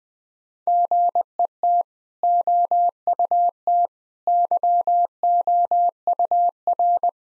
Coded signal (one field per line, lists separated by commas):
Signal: Morse code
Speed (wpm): 20 wpm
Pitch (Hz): 700 Hz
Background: none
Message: GET OUT YOUR